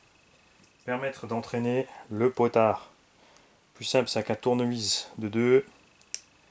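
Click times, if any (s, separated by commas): 6.1 s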